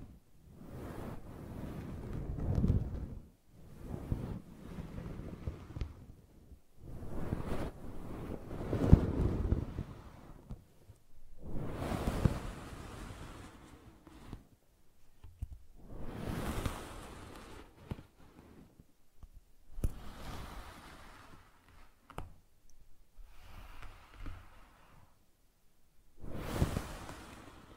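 Brushing and scratching in repeated strokes, each a rough, swelling rasp lasting one to two seconds, with short quiet gaps between them. The strokes come irregularly through the whole stretch, some fuller and lower, others thinner and hissier, with a few small clicks mixed in.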